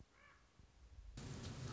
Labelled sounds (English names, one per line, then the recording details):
Common Raven
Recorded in Sonoma County, California